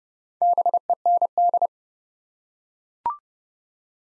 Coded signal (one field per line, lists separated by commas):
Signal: Morse code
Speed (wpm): 31 wpm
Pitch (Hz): 700 Hz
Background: none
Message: BEND